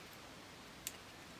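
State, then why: Seated. A spring pin contact, its little clip pushed back up, is pressed back into the plastic housing of an NES 72-pin game connector against a quiet, steady background. A single sharp, bright click sounds at 0.9 s as the pin snaps into place and seats.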